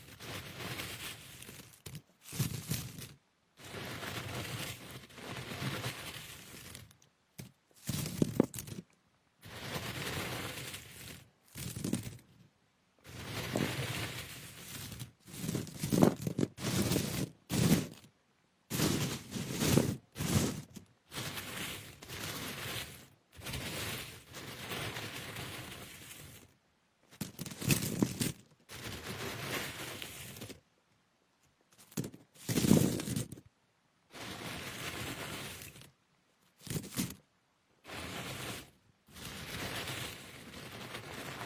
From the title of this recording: The crunchy brush of jasmine tea